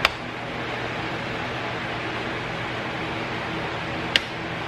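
Two plastic retaining clips are pushed into the moulding of a color-matched grille surround on a Jeep Gladiator black grille, each giving a short, sharp click at 0.1 s and 4.2 s over a steady broadband background noise. Both clips seat.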